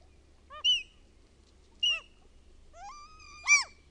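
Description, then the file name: Common gull giving two short sharp yelps, then a rising, drawn-out cry ending in a brief squeal. The recordist's own bird recording. "KALALOKKI"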